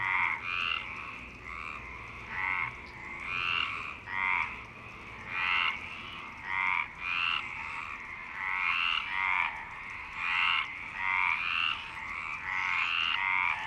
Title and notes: Marseille, Provence-Alpes-Côte d'Azur, France - 26_03_11_19_35 Longchamps_004 grenouilles. Grenouilles au parc de Longchamp